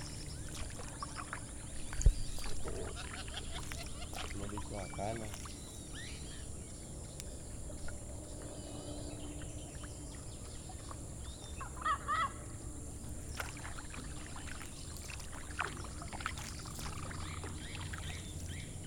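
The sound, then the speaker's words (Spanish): A purple gallinule gives scattered honking, clucking calls at the Charca de Guarinó in Guarinocito, Magdalena, with a few louder nasal bursts standing out over a steady low rumble and hiss of background noise. “La polla de agua.”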